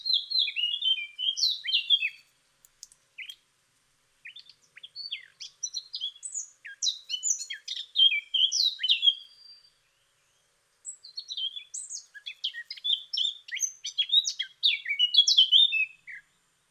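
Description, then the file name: Eurasian blackcap singing in repeated bursts of quick, varied warbling and chirping notes, several phrases separated by short gaps of silence. "Sylvia atricapilla"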